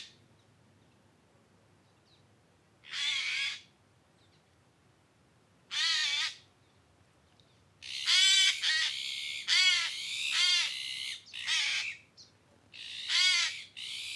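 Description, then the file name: Eurasian jay calling with hoarse, grating screeches, widely spaced at first, then coming in a rapid cluster of rasping calls toward the end. "Garrulus glandarius"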